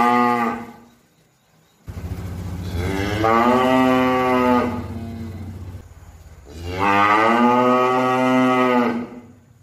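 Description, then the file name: Cow moos: a brief end of one call, then two long drawn-out lows, the first rising into a strong steady tone. "suara sapi"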